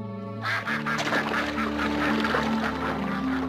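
A duck quacks repeatedly in quick, raspy bursts over a steady low humming drone, the calls continuing almost without pause for several seconds.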